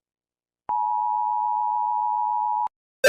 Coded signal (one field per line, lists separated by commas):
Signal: Emergency Alert System (SAME) tones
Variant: 853 and 960 Hz attention tone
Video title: Rating EAS alarms 😭 #fypシ #art #trending #new #dragonpuppet #dragon